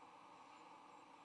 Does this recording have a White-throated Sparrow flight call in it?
no